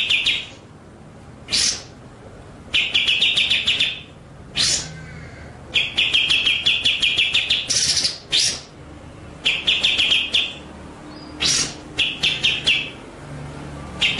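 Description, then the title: White-rumped shama delivering many rapid rolling trills and sharp single notes, interspersed with loud rasping bursts in a busy, continuous sequence. Masteran training track of rolling (ngerol) and sharp, shooting (nembak) song. "Masteran Murai Batu Full Ngerol Nembak"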